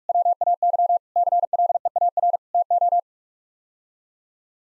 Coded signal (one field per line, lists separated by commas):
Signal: Morse code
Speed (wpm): 46 wpm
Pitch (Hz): 700 Hz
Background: none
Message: WAY CLEAR TO